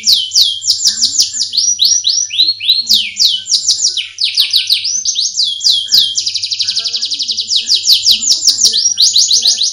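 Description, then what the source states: Oriental magpie-robin delivering rapid, sweeping high chirps, partly blurring into a fast buzzy run, continuing with hardly a pause. Long-duration chirping song.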